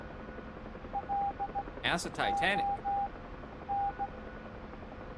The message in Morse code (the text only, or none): LON